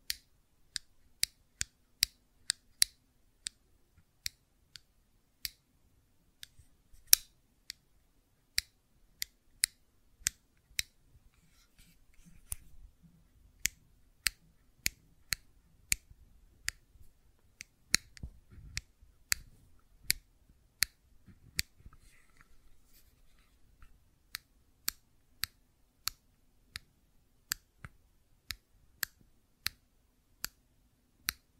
Fidget Cube Tapping and Clicking Sounds